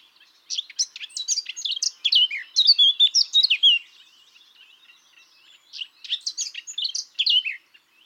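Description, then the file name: Eurasian blackcap song: a lively warbled phrase of mixed chirps and clear whistles, a brief quieter pause, then another shorter warbling burst. "Sylvia atricapilla"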